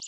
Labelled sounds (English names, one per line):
Connecticut Warbler flight call